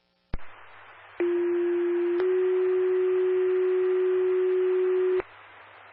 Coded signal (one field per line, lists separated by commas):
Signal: two-tone page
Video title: Cities of Vermont Structure Fire Tones